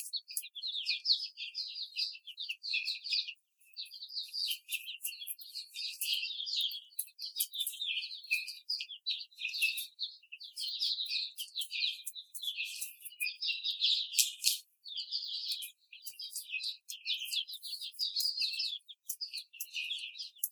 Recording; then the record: young laying hens in a cage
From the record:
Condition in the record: after the stressor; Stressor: simulated dog barking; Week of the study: 4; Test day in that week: 2